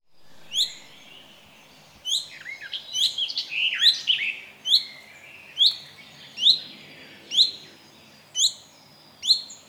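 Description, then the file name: Common chaffinch calls: sharp high notes repeated roughly every second, with a brief burst of other chirps midway. "Fringilla coelebs"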